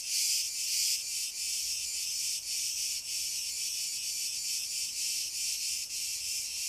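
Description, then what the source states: Cicadas in a steady, hissing high-pitched drone, loudest in the first second, then throbbing gently and unevenly through the rest. Cicadas recorded in pine trees.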